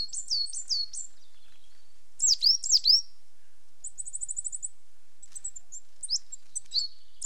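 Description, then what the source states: Coal tit calling with high descending notes in short groups, then a rapid thin trill of evenly spaced ticks, followed by scattered softer high notes. Two pairs displaying to each other on a territorial boundary.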